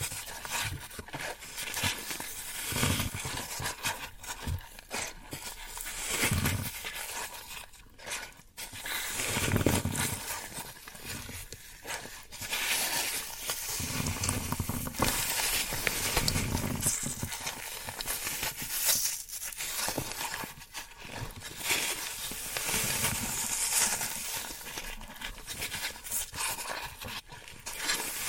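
Floral foam being handled, giving a dense, dry crackling and scratching that runs almost without pause. The texture is bright and gritty, swelling in uneven bursts every second or two, with brief quieter gaps around eight and nineteen seconds.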